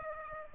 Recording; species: mosquito wingbeat signal from an infrared sensor; Aedes aegypti